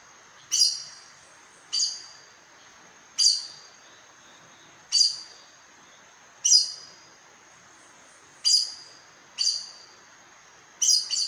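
Aracari calls: sharp, high, squeaky notes with a quick fading tail, given several times at uneven intervals over steady faint background hiss.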